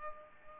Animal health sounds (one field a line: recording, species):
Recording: mosquito wingbeat signal from an infrared sensor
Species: Culex pipiens